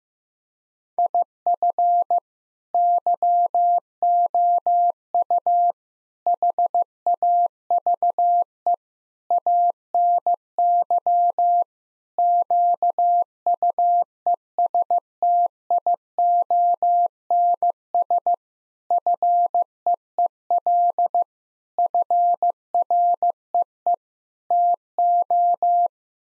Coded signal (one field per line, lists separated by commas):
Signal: Morse code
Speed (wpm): 15 wpm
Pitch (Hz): 700 Hz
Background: none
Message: IF YOU HAVE ANY QUESTIONS FEEL FREE TO